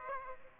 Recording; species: mosquito wingbeat signal from an infrared sensor; Aedes aegypti